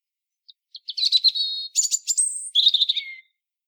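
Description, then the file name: European robin song: a single high, tinkling phrase of thin whistles, quick trills and a rising note, ending in a falling slur; otherwise quiet. "Erithacus rubecula"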